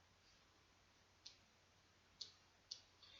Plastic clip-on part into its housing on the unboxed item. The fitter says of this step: Ça y est, il est clipsé.